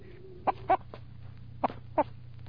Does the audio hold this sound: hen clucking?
yes